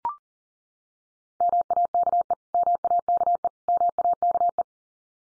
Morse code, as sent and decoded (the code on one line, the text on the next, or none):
-- .- -.- . / -- .- -.- . / -- .- -.- .
MAKE MAKE MAKE